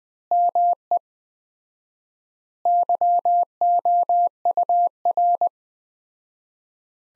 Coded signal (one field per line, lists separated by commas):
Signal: Morse code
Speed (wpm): 20 wpm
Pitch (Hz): 700 Hz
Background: none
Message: ME YOUR